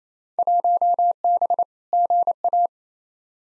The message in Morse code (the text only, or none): 1B GA